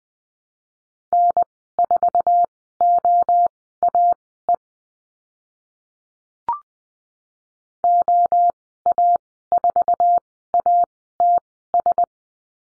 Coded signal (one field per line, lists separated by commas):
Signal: Morse code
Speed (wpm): 19 wpm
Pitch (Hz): 700 Hz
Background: none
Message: N4OAE OA4ATS